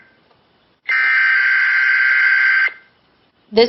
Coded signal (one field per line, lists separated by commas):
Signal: Emergency Alert System (SAME) tones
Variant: header bursts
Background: speech